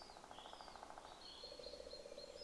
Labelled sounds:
Common Chaffinch
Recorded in Germany
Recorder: ecoPi

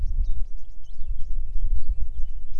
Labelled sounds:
Eurasian Blackcap
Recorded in Germany
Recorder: ecoPi

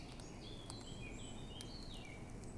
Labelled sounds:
Eurasian Blackcap
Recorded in Germany
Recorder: ecoPi

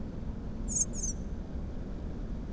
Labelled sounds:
Common Blackbird
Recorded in Germany
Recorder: ecoPi

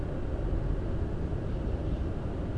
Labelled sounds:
none
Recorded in Germany
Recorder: ecoPi

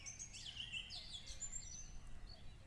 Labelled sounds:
Eurasian Blackcap
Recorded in Germany
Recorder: ecoPi

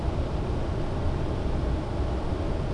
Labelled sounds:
none
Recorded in Germany
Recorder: ecoPi

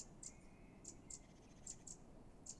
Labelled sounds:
Great Tit
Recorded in Germany
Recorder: ecoPi

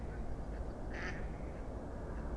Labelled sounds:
Mallard
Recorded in Germany
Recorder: ecoPi

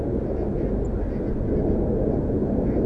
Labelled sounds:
Song Thrush
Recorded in Germany
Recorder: ecoPi

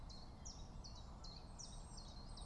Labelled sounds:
Common Chiffchaff
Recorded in Germany
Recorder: ecoPi

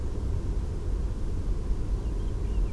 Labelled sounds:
Eurasian Blackcap
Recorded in Germany
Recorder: ecoPi

